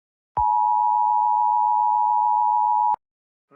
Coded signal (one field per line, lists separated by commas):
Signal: Emergency Alert System (SAME) tones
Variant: 853 and 960 Hz attention tone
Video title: A VERY KANSAN EAS SHORT